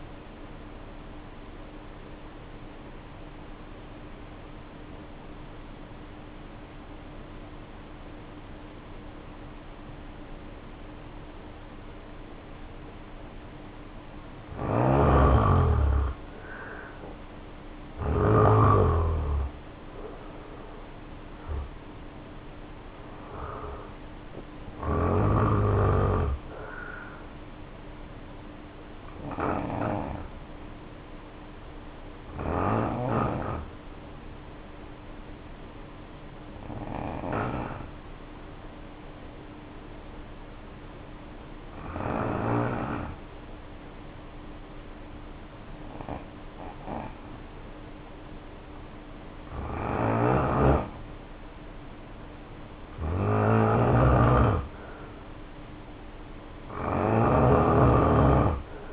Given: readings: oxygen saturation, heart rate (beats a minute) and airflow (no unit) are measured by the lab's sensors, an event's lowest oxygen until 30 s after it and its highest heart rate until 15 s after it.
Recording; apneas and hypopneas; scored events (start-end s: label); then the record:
breathing in sleep by a voice recorder at the bedside; 2
1.00-31.00 s: new sleep stage, N2 (light sleep)
4.00-16.40 s: obstructive apnea (N2, oxygen 91% highest, then 77% lowest, heart rate 61 at the start, 73 highest)
31.00-58.93 s: new sleep stage, N1 (lightest sleep)
33.00-54.10 s: hypopnea (N1, oxygen 94% highest, then 83% lowest, heart rate 54 at the start, 64 highest)
From the record:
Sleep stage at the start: N1 (lightest sleep); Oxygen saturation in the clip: 77 to 94%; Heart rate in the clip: 54 to 73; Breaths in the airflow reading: 11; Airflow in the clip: -5.9 to 7.7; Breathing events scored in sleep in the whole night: 520 in 7.2 hours asleep